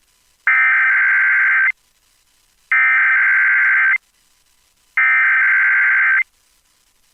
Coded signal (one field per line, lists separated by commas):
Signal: Emergency Alert System (SAME) tones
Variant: header bursts